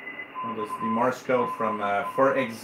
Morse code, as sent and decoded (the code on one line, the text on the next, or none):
-..- / --. .-.
X GR